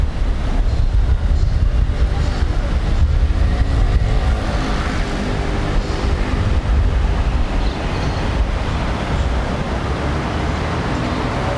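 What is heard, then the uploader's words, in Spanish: A Barcelona street corner fills with a steady, dense roar of passing traffic, heavy low rumble throughout, with brief brighter swells of vehicles. Paisaje Sonoro de un sector del Barrio Sant Marti: Josep Pla entre Pere IV y Carrer Marroc-. Ciudad de Barcelona.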